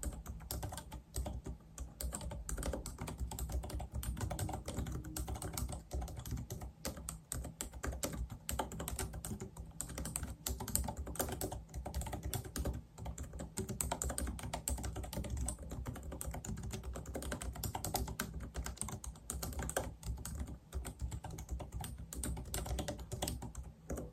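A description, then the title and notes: Rapid typing on a keyboard with dense, fairly even clicks and soft taps throughout, over a low, warm rumble with no pauses. ASMR Tingly Typing & Taps.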